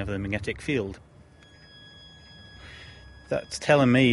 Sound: beeping noise